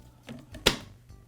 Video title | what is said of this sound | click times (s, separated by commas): Chainsaw Repair - Replacing the Handguard (Poulan Part # 585600501) | I'm applying a little sideward pressure so it'll snap into place when it finds that hole. | 0.7 s